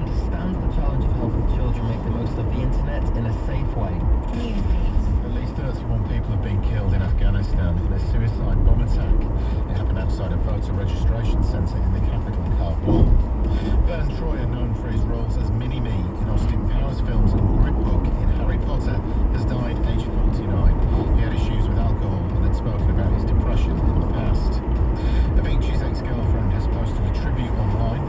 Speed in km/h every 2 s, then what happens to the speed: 89, 85, 77, 76, 82, 84, 82, 82, 87, 93, 97, 101, 103, 100.
0-6 slows to 76. 6-9 speeds up to 84. 9-14 steady at about 82. 14-22 speeds up to 101. 22-28 steady at about 101.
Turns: none.